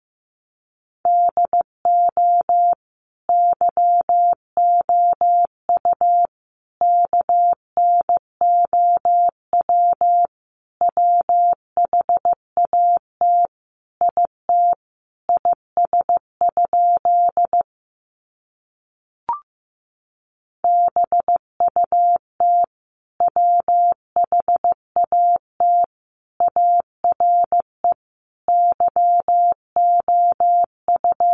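Morse code is tapped out as a single steady mid-pitched tone, switching on and off in short dots and longer dashes grouped into words with brief gaps. Near the middle the beeping stops for about three seconds, broken by one sharp click, then the message resumes.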